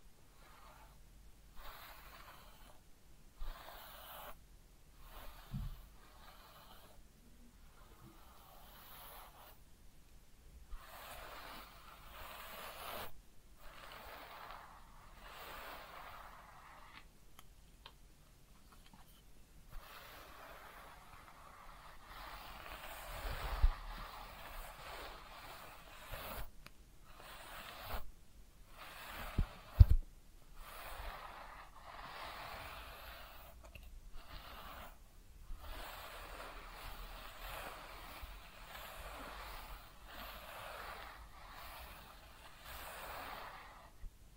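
Soft, close scratching and rubbing sounds of a head massage and ear cleaning continue throughout, a hushed brushing texture broken by frequent brief silent gaps. Sharper taps and thumps stand out near 23 and 30 seconds, with a faint low rumble underneath.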